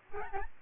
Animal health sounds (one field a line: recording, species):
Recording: mosquito wingbeat signal from an infrared sensor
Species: Aedes albopictus